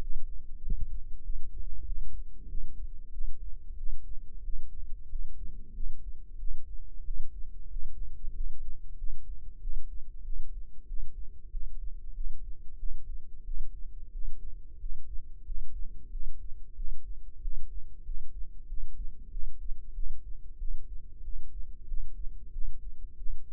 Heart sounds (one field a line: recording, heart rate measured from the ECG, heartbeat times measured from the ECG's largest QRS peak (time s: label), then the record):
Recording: heart sounds by microphone in the left ear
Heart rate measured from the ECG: 93 bpm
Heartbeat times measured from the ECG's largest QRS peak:
0.60 s: heartbeat
1.22 s: heartbeat
1.84 s: heartbeat
2.47 s: heartbeat
3.10 s: heartbeat
3.75 s: heartbeat
4.41 s: heartbeat
5.07 s: heartbeat
5.72 s: heartbeat
6.37 s: heartbeat
7.02 s: heartbeat
7.68 s: heartbeat
8.32 s: heartbeat
8.96 s: heartbeat
9.59 s: heartbeat
10.22 s: heartbeat
10.85 s: heartbeat
11.49 s: heartbeat
12.12 s: heartbeat
12.77 s: heartbeat
13.43 s: heartbeat
14.11 s: heartbeat
14.78 s: heartbeat
15.43 s: heartbeat
16.09 s: heartbeat
16.74 s: heartbeat
17.39 s: heartbeat
18.03 s: heartbeat
18.66 s: heartbeat
19.29 s: heartbeat
19.92 s: heartbeat
20.57 s: heartbeat
21.21 s: heartbeat
21.85 s: heartbeat
22.50 s: heartbeat
23.16 s: heartbeat
From the record:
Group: healthy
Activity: rest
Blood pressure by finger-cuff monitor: 110/66 mmHg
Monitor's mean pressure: 78 mmHg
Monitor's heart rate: 94 bpm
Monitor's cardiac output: 8.2 L/min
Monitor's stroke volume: 87 mL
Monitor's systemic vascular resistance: 690 dyn s/cm5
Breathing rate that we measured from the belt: 18 breaths a minute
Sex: male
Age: 19 years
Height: 178 cm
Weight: 83 kg